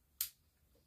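A shotgun's gas regulator on its gas block is turned with a tool while its detent is held down, until the detent clicks into the high-velocity setting for high-velocity ammo. A single sharp, bright click sounds at 0.2 s and fades within about a tenth of a second over faint low background noise. The regulator is seated in the high-velocity position.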